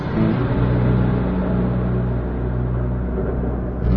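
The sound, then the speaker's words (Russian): A deep, loud rumble of thunder rolls on steadily for about four seconds, heavy in the low end with a continuous growling texture and no voices. “Услышав небывалый гром, предводители демонов испугались.”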